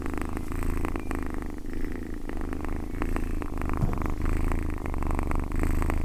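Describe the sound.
Domestic cat purr, a continuous deep vibrating rumble with faint rhythmic pulses and a slight rise in loudness near the close.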